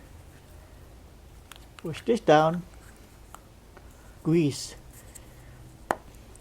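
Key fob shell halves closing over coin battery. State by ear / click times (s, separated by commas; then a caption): seated / 5.9 s. Someone talks while the two plastic halves of a Dodge Charger key fob are pressed together over a newly fitted CR2032 coin cell battery. A few faint ticks lead up to a sharp snap at 5.9 s as the fob case seats closed.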